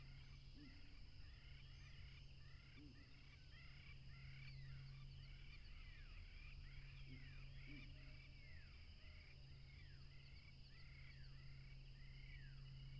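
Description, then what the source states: Crickets trill in a steady high chorus, overlaid by many repeated arching calls from another animal and a constant low hum. Crickets at a tropical river, with a plane passing.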